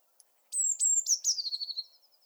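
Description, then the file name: Eurasian blue tit: two or three thin high notes, then a quick buzzy churr that slides down in pitch, lasting about a second and a half. "Cyanistes caeruleus"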